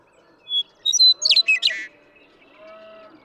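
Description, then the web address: Western meadowlark singing one phrase: a short opening whistle, then a bright, tumbling flurry of slurred notes ending in a brief buzzy note, in otherwise quiet surroundings. "birdsongforthecurious songs Western Meadowlark"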